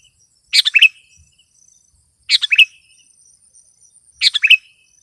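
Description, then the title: Sooty-headed bulbul giving three bubbly multi-note phrases roughly two seconds apart, a thin high buzz in the background. "kutilang"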